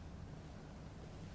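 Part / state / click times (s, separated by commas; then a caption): module into motherboard slot / not seated / none. A module is being handled and lined up over its dedicated slot on a motherboard, ready to be pushed down. Only a steady low rumble and broadband noise are heard. Nothing has seated or clicked yet.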